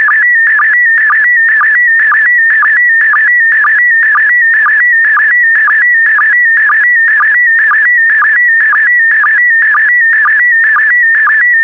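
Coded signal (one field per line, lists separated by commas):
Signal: SSTV (slow-scan television)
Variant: PD120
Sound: warbling whistle tone shifting in pitch, with a short low blip twice a second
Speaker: 5, 4, 3, 2, 1. Thank you. Transmission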